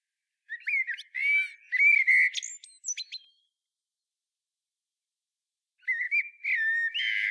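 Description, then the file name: Common blackbird song: a mellow, whistled warble that breaks into thin high squeaks, then silence before a second fluty phrase begins. "Turdus merula"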